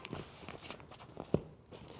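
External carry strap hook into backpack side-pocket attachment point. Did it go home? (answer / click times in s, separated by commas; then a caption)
yes / 1.3 s. The fixed, non-adjustable end of an external carry strap hook is pushed onto the attachment point inside the side pocket of a Peak Design Travel Backpack 45L. Soft rustling and small taps lead up to one sharp, satisfying click at 1.3 s as the hook seats onto the attachment point, followed by quieter handling.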